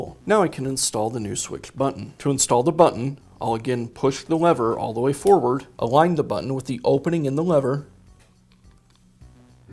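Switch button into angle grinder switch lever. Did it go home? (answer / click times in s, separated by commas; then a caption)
no / none. A new plastic switch button, Makita part 419566-3, is lined up with the opening in the switch lever of a Makita angle grinder, with the lever pushed all the way forward, before being pushed toward the gearbox. Someone talks for about 8 seconds, then only quiet handling sounds follow, with faint ticks near 8.5 and 8.9 seconds. Nothing has seated or clicked yet.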